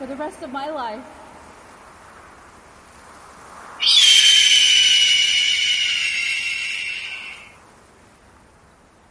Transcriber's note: she let out another loud and long ‘KWEH’ and races off into the sunset